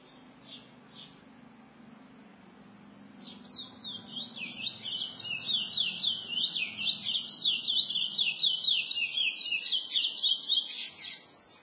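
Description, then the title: Chestnut-bellied seed finch singing: after a few faint notes, a long, rapid, zigzagging warble of high sweeping notes starts and runs steadily almost to the end, with a low hum underneath. "Canto De Curio"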